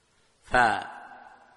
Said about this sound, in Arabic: أيقظ الذي يشخر يا شيخ، أيقظه خليه يستفيد.